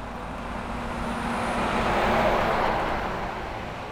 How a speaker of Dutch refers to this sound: En nog een enorme vrachtwagen, die nemen we nog even mee.